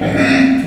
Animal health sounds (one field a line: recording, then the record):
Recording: squeal of a Yucatan mini pig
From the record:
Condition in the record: after surgery on the right vocal fold (resection and tissue-engineered implant)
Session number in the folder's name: 4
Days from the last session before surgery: 26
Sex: female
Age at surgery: 19 weeks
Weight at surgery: 25 kg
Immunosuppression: prednisolone